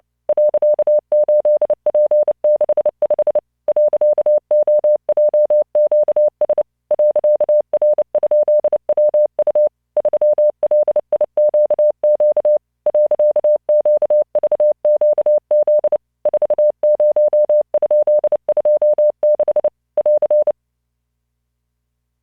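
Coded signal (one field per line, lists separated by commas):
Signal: Morse code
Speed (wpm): 29 wpm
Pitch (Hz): 600 Hz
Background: none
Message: .8P65 .OJQS .R?WU 3LIQQ .QVQZ 40?26 <AR>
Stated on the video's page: Morse practice generated by LearningMorse software at 29 WPM, 600 Hz tone, standard three-dot spacing.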